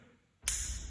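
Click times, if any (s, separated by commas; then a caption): 0.5 s. A number four plastic attachment guard is clipped onto the blade of a Wahl Magic Clip hair clipper, and it clicks on at 0.5 s with a sharp, bright snap after near silence. A steady broadband hiss continues after the click, and the guard is seated.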